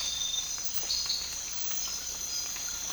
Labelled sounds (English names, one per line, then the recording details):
none
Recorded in dense forest near Puerto Asís, Putumayo, Colombia, on 19 March 2025 at 04:00
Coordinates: 0.484, -76.317
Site G064